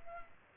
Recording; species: mosquito wingbeat signal from an infrared sensor; Culex pipiens